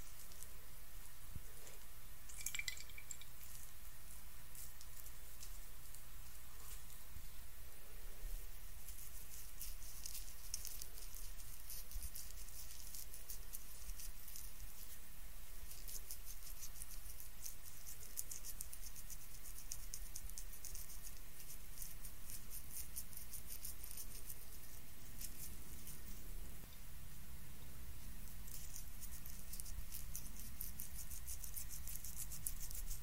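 An ASMR face treatment with a steady, dense bed of soft crackles and tiny pattering ticks over a low, constant hum.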